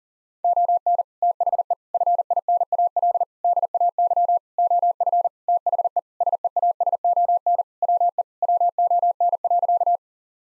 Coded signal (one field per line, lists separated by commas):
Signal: Morse code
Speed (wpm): 40 wpm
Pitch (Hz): 700 Hz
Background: none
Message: ON THE FINAL DAY OF THE SEASON WE WON.